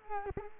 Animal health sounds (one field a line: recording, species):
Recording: mosquito wingbeat signal from an infrared sensor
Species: Culex quinquefasciatus